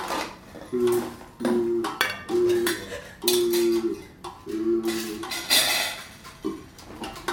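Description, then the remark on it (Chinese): Metal pots clank repeatedly in an uneven rhythm, each hit leaving a short ringing tone, with scraping and clattering of cookware and utensils between the louder strikes. “是锅子的声音啊”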